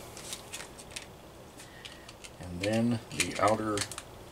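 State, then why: Not seated. The outer spring shield of a Homelite 350SL chainsaw starter is handled over the recoil spring, going into the starter housing, with faint ticks and taps of light plastic handling before someone talks near the end. Nothing has seated or clicked into place yet.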